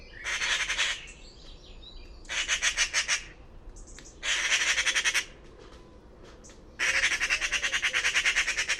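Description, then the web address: Bird giving harsh, buzzy squawks in four bursts of one to two seconds each, separated by short pauses, with faint chirps between. "cianscape birddata Deverinetal 2025"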